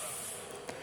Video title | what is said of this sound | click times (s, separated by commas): Merakit Mesin Scoopy ESP dari nol sampai hidup #mesin #bengkelmotor #tutorialmesin #scoopy | kita pasang penguncinya kita pasang pengunci ya Guys kita pastikan penguncinya masuk dengan sempurna | 0.7 s